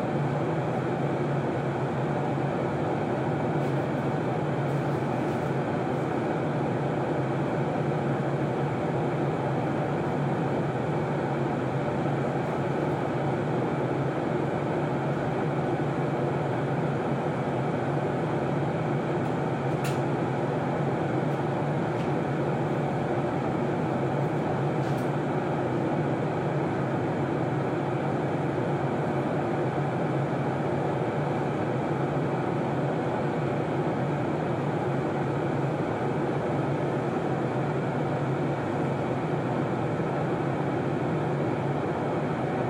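Steady airplane background noise, a dense, even roar weighted toward the low and middle range that holds without change for the whole stretch. A faint rumble underlies it, and a brief thin click or tick stands out near twenty seconds.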